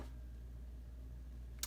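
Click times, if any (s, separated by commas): none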